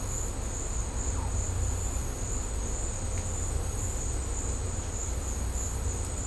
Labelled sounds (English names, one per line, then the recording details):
none
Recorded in secondary vegetation near Puerto Asís, Putumayo, Colombia, on 18 December 2024 at 13:00
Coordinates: 0.502, -76.326
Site G028